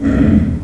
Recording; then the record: squeal of a Yucatan mini pig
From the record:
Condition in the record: after surgery on the right vocal fold (resection and tissue-engineered implant); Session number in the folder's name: 7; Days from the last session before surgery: 47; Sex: female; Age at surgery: 19 weeks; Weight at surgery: 25 kg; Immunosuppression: prednisolone